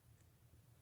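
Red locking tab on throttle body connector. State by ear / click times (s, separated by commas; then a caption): not seated / none. The red locking tab on a throttle body connector is handled during a Hemi intake manifold install, just before it is pushed home. Only a quiet, steady low hum below about 200 Hz is heard, with a faint brief high-pitched trace near 0.2 s and no distinct snap. Nothing has seated or clicked yet.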